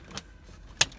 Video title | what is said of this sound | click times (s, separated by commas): Axkid Modukid Installation - How To Install The Axkid Modukid Infant and Toddler Car Seats | you need to wiggle step by step those isofix arms back into you pull out one side until it clicks then this side till it clicks and then that side again | 0.2 s, 0.8 s